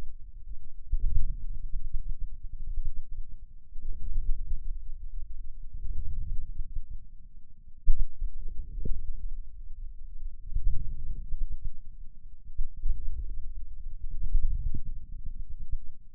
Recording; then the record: forearm muscle sounds (acoustic myography)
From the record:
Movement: inward rotation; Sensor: system 2, bracelet of six BSWA MPA416 microphones around the upper forearm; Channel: 1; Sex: male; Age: 22 years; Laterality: right